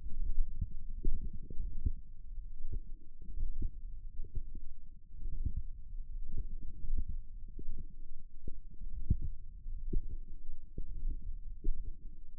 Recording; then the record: forearm muscle sounds (acoustic myography)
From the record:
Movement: hook grip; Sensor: system 1, eight BSWA MPA416 microphones around the upper forearm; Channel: 8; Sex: female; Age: 21 years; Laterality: right